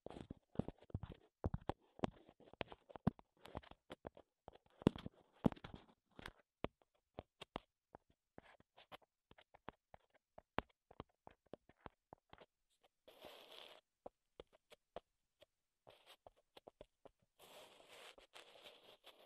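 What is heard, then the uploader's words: Wooden tapping and clicking as ASMR triggers, with dense, uneven bursts of sharp knocks in the first half that thin out toward the end. Around 13 and 17 seconds, short stretches of soft scratching or rubbing replace the taps. ASMR Wood Triggers in Your Ears (No Talking).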